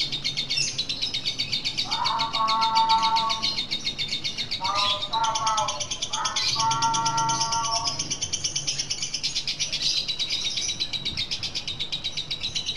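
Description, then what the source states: Lovebird chattering as a steady high buzzy stream, interrupted by several lower, drawn-out harmonic calls around the middle. Lutino lovebird giving the ngekek chattering call, recorded for use in training birds.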